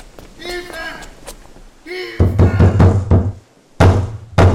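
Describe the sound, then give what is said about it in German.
Heavy, repeated banging on a locked door, a rapid series of loud booming thuds, with a brief pause before a final burst of blows. Raised voices shout for help just before the pounding starts. “Die Tür ist abgeschlossen.”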